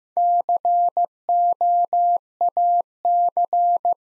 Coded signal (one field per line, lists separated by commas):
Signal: Morse code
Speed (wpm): 15 wpm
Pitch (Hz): 700 Hz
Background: none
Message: COAC